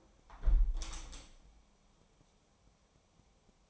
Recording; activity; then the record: daily activity, microphone in the room; close window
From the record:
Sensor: 1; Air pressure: 1014.9 hPa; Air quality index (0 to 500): 25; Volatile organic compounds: 0 ppm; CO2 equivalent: 504 ppm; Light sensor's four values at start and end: 11/26/10/11 and 11/25/10/11